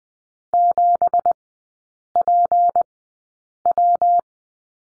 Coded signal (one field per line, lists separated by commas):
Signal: Morse code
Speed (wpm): 20 wpm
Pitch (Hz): 700 Hz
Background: none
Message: 7PW